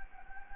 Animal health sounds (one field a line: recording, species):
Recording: mosquito wingbeat signal from an infrared sensor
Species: Anopheles gambiae